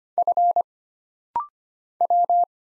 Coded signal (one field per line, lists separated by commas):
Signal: Morse code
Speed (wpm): 25 wpm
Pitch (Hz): 700 Hz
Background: none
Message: F W